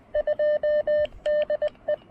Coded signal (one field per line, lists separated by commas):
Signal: Morse code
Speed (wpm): 20 wpm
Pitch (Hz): 590 Hz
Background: none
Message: 2DE